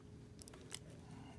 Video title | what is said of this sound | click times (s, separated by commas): Hiya Toys Exquisite Mini Predator 2 Guardian Predator | And they snap right in, no problem. | 0.8 s